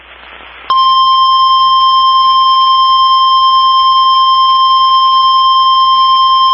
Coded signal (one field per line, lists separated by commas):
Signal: Emergency Alert System (SAME) tones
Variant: 1050 Hz attention tone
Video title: EAS Required Weekly Test Northeast South Dakota NOAA Weather Radio +WeatherSTAR4000